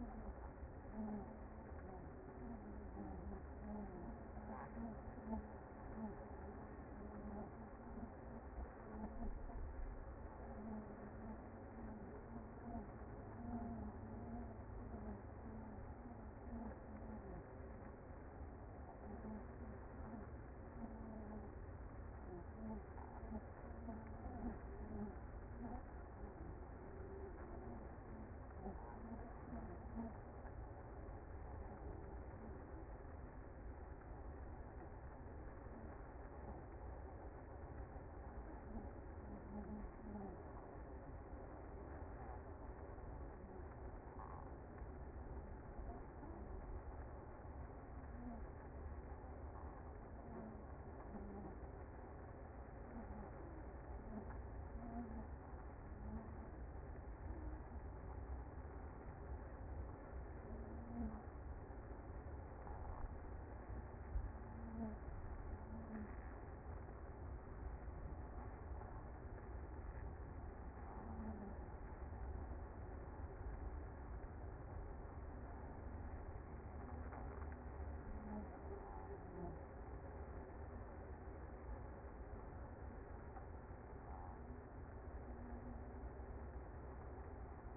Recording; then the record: honeybee colony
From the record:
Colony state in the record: active